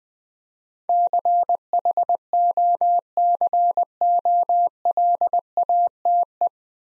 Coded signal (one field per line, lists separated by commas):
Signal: Morse code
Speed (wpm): 20 wpm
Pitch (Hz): 700 Hz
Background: none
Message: CHOCOLATE